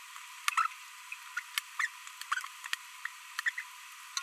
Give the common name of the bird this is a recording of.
Green-rumped Parrotlet